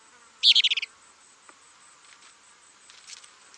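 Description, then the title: Plain-crested elaenia song: one brief, high, buzzy burst of several rapid stuttered notes, then quiet with only faint soft sounds. "LuckyPassaro Completos2Sama. Plain-crested Elaenia (Elaenia cristata)"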